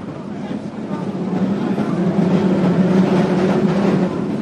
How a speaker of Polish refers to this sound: Poszli do tramwaju i podjechali dwa ostatnie przystanki do końca trasy na Teatyńskiej pod Lwią Górą.